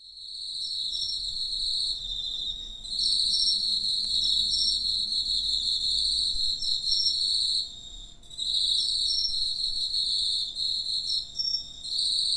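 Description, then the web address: Crickets trilling in high, shimmering bands, with brief drops in loudness near three and eight seconds. "Hoerbeispiele Grillen"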